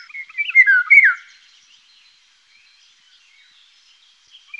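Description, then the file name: Eurasian golden oriole song, one short rich whistled phrase of fluty swooping notes at the start, then near silence with faint high bird sounds, and another call beginning at the very end. "Sommargylling"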